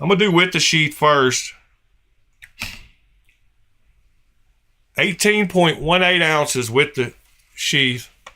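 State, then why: Not seated. A fixed-blade knife blade is handled with its sheath while someone talks, with brief handling knocks around 2.4 to 2.6 seconds. The blade has not yet snapped into the sheath's retention; nothing has seated or clicked.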